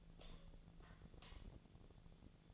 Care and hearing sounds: daily activity, microphone in the room; light off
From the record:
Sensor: 4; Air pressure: 1010.7 hPa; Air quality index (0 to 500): 170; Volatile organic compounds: 5 ppm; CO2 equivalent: 1725 ppm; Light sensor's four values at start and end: 39/112/45/45 and 38/111/44/45

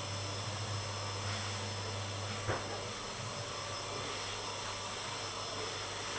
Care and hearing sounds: daily activity, microphone in the room; vacuum cleaning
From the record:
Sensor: 4

